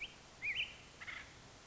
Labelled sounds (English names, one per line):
Acorn Woodpecker